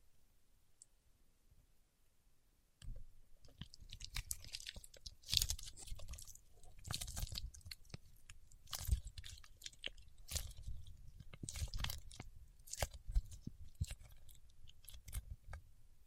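Paraffin wax being peeled and scratched, starting after a near-silent first three seconds. Then comes a dense, irregular run of crisp crackles and crunchy scrapes, with sharper bright snaps around five, nine, ten and twelve seconds over a soft low rumble.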